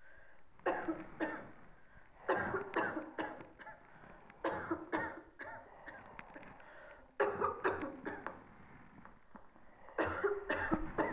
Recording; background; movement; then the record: deep breathing; a bystander coughing; sitting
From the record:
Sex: female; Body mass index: 36.4 kg/m2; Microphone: on the chest, facing the body